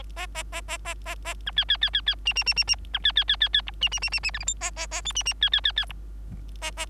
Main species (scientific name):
Lonchura striata domestica